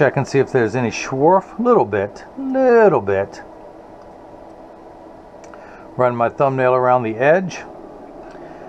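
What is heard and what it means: A man talks while handling an Rx Transitions Gen 8 gray prescription lens with Crizal Alize coating, test-fitting it in a plastic Oakley 8127 Pommel sunglass frame and running his thumbnail around the edge to check the fit before it is tucked in and pressed down at the nose. Between bursts of speech there is a low steady background hum and a faint soft tap near 5.5 s. Nothing has seated or clicked yet.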